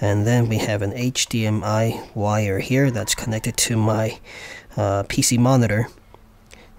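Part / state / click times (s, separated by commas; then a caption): HDMI cable plug into digital AV adapter port / seated / 6.5 s. An HDMI cable plug, from a wire connected to a PC monitor, is pushed into the HDMI port of a Lightning digital AV adapter for an Apple iPad mini. Someone talks, then after a quiet moment a faint tap at 6.1 s is followed by a sharp snap at 6.5 s as the plug seats in a very tight fit.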